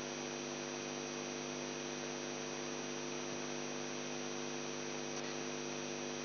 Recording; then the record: brain microelectrode recording played as sound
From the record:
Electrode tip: outside the subthalamic nucleus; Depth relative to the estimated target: -4 mm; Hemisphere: left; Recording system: AlphaMap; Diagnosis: Parkinson's disease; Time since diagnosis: 11 years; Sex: male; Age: 42 years